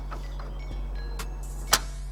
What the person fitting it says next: That click has released the button for one push.